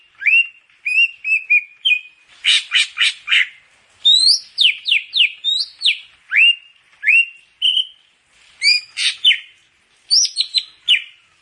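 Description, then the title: Grey-cheeked Bulbul song of clipped whistled notes, including a harsh rattling burst early on, repeated in lively phrases with short silences between. "Kicau Burung Cucak Jenggot"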